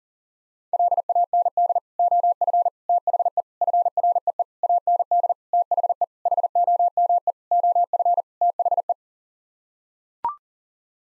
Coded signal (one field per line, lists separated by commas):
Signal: Morse code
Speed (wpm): 40 wpm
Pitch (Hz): 700 Hz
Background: none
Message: LAND OF THE FREE AND THE HOME OF THE